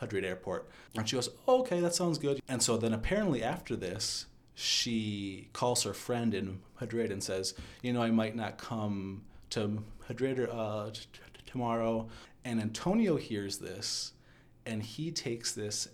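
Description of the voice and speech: An adult man tells a story in mostly fluent, relaxed speech, with a few stretched sounds and a drawn-out filler before a part-word repetition on "t- tomorrow." These brief disfluencies fit a mild stutter.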